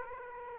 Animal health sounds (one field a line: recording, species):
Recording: mosquito wingbeat signal from an infrared sensor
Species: Aedes aegypti